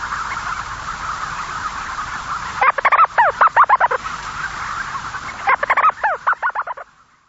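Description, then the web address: Storm petrel calls in two bursts of quick, downward-swooping chattering notes, separated by a brief pause, over steady background hiss before fading out. "sikioto. umitsubame"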